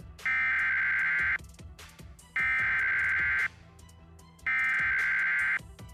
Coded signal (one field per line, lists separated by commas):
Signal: Emergency Alert System (SAME) tones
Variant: header bursts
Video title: EAS #27 - Severe Thunderstorm Warning on TV